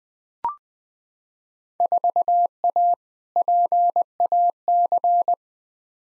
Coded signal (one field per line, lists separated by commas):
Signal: Morse code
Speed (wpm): 20 wpm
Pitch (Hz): 700 Hz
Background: none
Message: 4A PAC